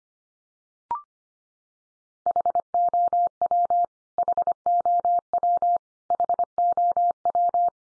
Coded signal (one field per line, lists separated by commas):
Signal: Morse code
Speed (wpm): 25 wpm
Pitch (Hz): 700 Hz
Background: none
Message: HOW HOW HOW